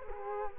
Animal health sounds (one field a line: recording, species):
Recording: mosquito wingbeat signal from an infrared sensor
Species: Culex quinquefasciatus